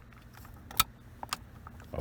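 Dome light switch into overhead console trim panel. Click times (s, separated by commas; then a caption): 0.8 s. An interior dome light switch on a Toyota Tundra is pushed back into the overhead console trim panel from the inside until its top clips engage, giving a sharp snap at 0.8 s. Softer clicks follow at about 1.2 and 1.3 s over a low background hum. The switch is confirmed seated in the console.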